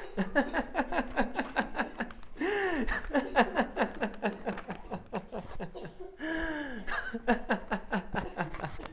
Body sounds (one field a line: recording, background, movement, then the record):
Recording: laughter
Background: a bystander coughing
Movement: walking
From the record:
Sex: male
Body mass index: 21.0 kg/m2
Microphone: on the chest, facing outward